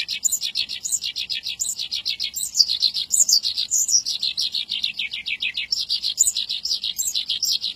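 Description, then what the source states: Javan bushlark pouring out a busy, twittering song of rapid chirps and slurred high notes without pause, over a faint persistent high whine. Local Javanese name branjang; described as a village bird.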